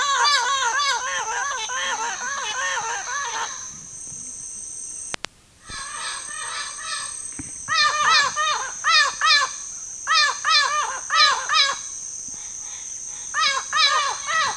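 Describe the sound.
Bird calls: rapid strings of arched, nasal notes, a quieter pause, then grouped bursts of the same notes, with a steady high whine throughout.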